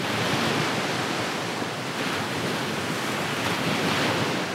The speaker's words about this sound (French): Une sorte de rythme faisait de ce bruit une mélodie terrible. Le rivage vibrant sous le coup de vagues répondait à la haute mer retentissante.